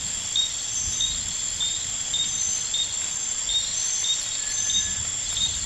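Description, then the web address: Rain frog calls as short whistled pips at regular intervals, one lower note near the end, over continuous high insect buzzing. Recorded in the Ecuadorian Amazon; genus only, species unidentified. "Natures Songs. Frogs of Ecuadorian Amazon Eleutherodactylus sp"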